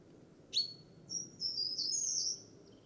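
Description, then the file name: Common chaffinch giving a sharp high note followed by a thin, high whistled phrase lasting over a second. "Fringilla coelebs"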